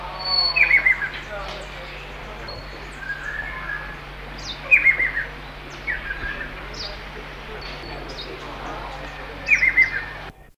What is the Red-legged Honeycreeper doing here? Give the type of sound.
call